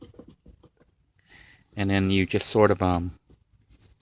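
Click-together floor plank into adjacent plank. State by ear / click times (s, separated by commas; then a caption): not seated / none. A click-together wood-panel floor plank is laid into a minivan floor and lined up against the previous plank, giving a few light taps around 0.2 to 0.6 seconds and at 1.2 seconds as the board is positioned. Someone then talks. The plank has not been pressed down and nothing has clicked or locked into place yet.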